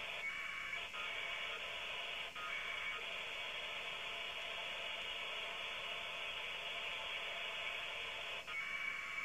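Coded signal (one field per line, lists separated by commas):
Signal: packet radio (AX.25, as in APRS)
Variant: 1200 baud AFSK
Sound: continuous raspy data warble with short breaks, then steady two-tone burst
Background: radio static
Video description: Receiver is a web receiver set to 144.800 MHz, the APRS frequency in IARU-1.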